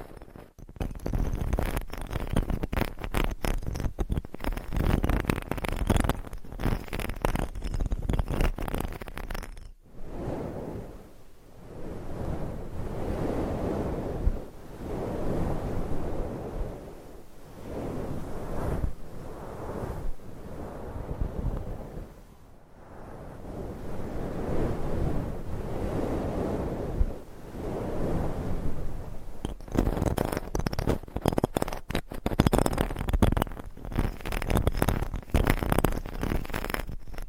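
Fingernails scratch across a microphone in dense, rapid strokes, producing a rough, hissing texture. From about 0 to 10 seconds and again after 30 seconds the scratching is crisp and bright; in between it turns softer and lower, swelling and fading in slow waves.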